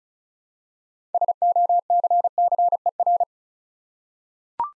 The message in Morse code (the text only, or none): SOCCER